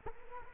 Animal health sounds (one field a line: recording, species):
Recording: mosquito wingbeat signal from an infrared sensor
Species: Culex quinquefasciatus